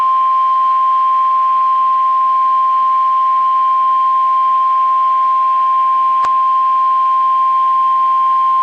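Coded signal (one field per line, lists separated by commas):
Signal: Emergency Alert System (SAME) tones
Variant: 1050 Hz attention tone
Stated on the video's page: Real Severe Thunderstorm Warning from National Weather Service, radar-indicated hail and wind.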